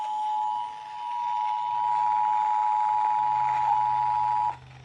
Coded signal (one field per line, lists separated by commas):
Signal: Emergency Alert System (SAME) tones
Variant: 853 and 960 Hz attention tone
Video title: Florida RMT. From: 7/19/24 (New EAS #5-6)